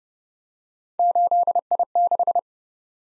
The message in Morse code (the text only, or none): 8I6